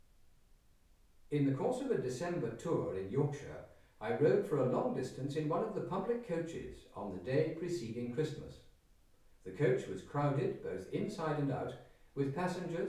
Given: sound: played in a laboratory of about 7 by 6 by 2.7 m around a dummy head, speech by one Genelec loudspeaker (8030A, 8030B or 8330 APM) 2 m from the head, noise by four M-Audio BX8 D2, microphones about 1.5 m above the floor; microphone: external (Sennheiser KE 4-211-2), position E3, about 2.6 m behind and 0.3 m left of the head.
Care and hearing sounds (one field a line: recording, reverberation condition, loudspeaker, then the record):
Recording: male speech in English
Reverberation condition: medium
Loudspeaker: in front (0 degrees)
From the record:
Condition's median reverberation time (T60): about 510 ms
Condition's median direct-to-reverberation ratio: about -0.5 dB